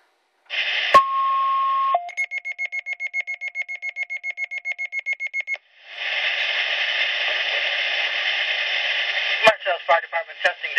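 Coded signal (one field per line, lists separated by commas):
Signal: two-tone page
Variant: Motorola Minitor II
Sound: static hiss, one long steady tone, a short lower tone, then about 25 quick high beeps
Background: radio static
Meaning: Activates fire department pagers for a test page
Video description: Minitor 2 alerting for MABAS division 25 test page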